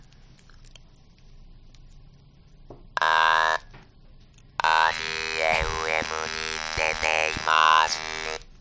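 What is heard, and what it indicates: After a brief stretch of ordinary voiced talk, a steady mechanical buzz starts, then carries a phrase of about four seconds. Pitch stays flat and unchanging while the words are shaped over it. This is electrolarynx speech, a robot-like substitute voice from a device held against the throat and switched on by pressing a button, replacing vocal fold vibration.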